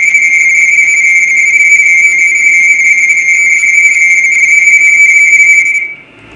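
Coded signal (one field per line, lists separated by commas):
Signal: RTTY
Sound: rapid warbling between two close high tones, continuous for six seconds, then stops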